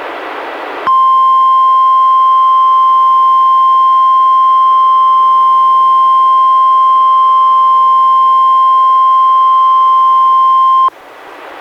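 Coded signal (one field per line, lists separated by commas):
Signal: Emergency Alert System (SAME) tones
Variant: 1050 Hz attention tone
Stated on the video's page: NOAA Weather Radio required weekly test from NWS Portland relayed by an Astoria station, recorded directly from a Reecom R-1630 weather radio via USB.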